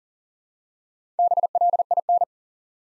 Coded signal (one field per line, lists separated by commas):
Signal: Morse code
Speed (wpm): 40 wpm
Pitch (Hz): 700 Hz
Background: none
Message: BLIN